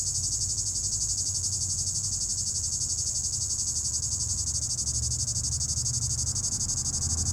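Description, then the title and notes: Cicada song, a loud continuous high-pitched buzz with even rapid pulsing throughout, and a soft low hum of traffic beneath. In an apple tree atop the Côte de Groisin, Chindrieux, France; 32°, traffic on the RD991; recorded with a Zoom H4n Pro, preamp level 100. "3029 Rte d'Aix, 73310 Chindrieux, France - cigale. Cigale dans un pommier au sommet de la côte de groisin, il fait 32°"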